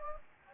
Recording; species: mosquito wingbeat signal from an infrared sensor; Anopheles gambiae